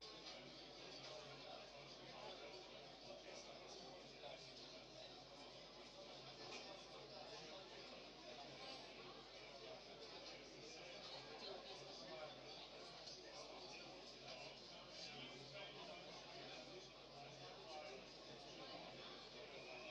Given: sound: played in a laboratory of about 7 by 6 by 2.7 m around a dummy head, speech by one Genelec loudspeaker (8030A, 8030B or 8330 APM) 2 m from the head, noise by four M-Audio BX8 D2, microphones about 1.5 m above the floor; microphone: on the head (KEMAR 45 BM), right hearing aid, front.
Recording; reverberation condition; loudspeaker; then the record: cafeteria noise; low; four, about 170 cm from the corners of the room and facing them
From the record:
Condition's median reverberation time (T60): about 310 ms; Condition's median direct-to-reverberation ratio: about 3.5 dB